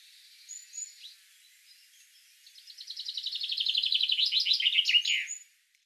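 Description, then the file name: Common chaffinch song: faint introductory notes, then a rattling series of chips growing louder and descending to a final emphatic flourish. "Fringilla coelebs"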